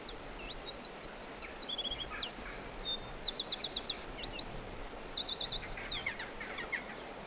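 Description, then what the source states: Bird song: continuous mix of rapid high trills, rolling warbles and short whistled notes from overlapping birds, pulsing steadily throughout. Forest birdsong.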